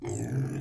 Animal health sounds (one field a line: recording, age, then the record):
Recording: pig call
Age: weaner (32 to 43 days)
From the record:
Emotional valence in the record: positive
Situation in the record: positive conditioning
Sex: female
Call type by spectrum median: low-frequency call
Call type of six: low-frequency stable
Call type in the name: low-frequency stable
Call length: 0.61 s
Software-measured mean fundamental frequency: 59 Hz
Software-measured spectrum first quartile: 138 Hz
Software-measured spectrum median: 286 Hz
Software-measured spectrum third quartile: 958 Hz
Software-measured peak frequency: 127 Hz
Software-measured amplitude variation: 113 dB a second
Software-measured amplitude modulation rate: 22.9 a second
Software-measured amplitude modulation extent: 4.9 dB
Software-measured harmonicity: 6.4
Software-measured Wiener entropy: -1.85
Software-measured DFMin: 965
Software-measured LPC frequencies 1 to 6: 1656, 2323, 3166, 4287, 5028, 6327 Hz